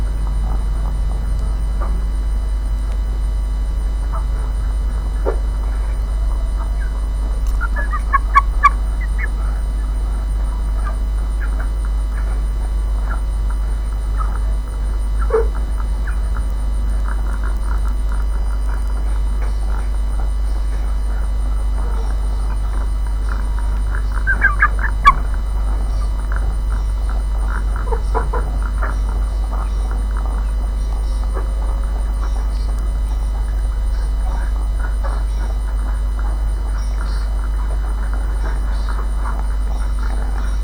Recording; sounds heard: poultry house recording; sick chickens (respiratory disease)